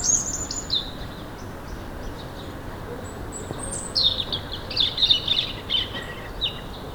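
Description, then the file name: European robin with a brief high whistle, then after a pause a longer rambling phrase of warbles, trills and thin notes, set against faint continuous background noise. "Erithacus rubecula"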